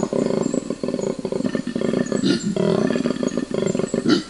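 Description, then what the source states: Koala bellowing, a low rasping snore-like drone pulsing rapidly and nearly without pause, broken by a few brief breathy gasps. Recorded at night by a forest acoustic recorder in 12-hour recordings later scanned by computer; a distinctive low-frequency call with grunts.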